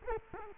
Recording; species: mosquito wingbeat signal from an infrared sensor; Culex quinquefasciatus